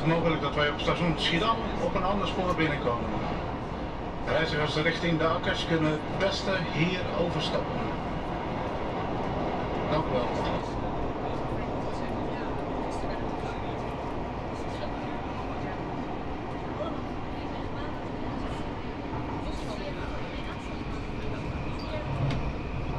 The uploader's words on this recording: Metro Rotterdam Coolhaven - Schiedam Centrum. Recording of waiting for the metro and the subsequent trip from Rotterdam Coolhaven to Schiedam Centrum.